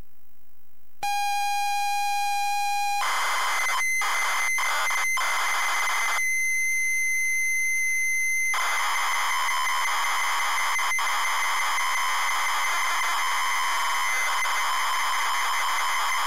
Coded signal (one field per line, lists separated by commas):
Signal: ZX Spectrum tape loading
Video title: ZX SPectrum 128k Auf Wiedersehen Monty